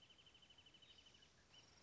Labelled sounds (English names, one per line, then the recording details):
Wrentit
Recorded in Sonoma County, California